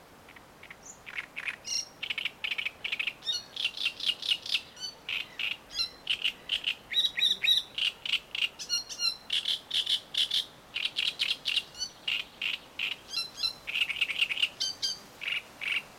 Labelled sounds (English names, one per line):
Great Reed Warbler